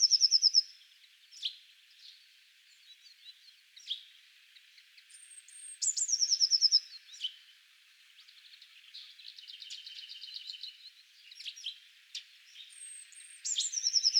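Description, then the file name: Eurasian blue tit giving high, bright trills that open, middle and close the passage, separated by scattered sharp notes and a softer buzzy series. "Cyanistes caeruleus"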